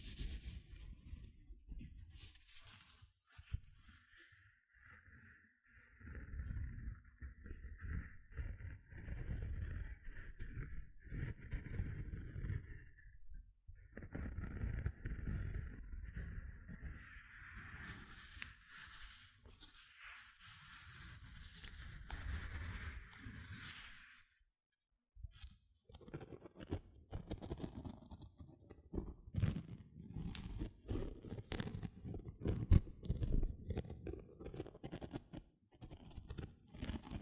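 Gentle scratching runs almost without pause, a soft, dense rasp of quick, irregular strokes with a low rustle underneath. It breaks briefly near 13 seconds and drops to near silence around 24–25 seconds, then resumes with sharper, more clicky scratches toward the end.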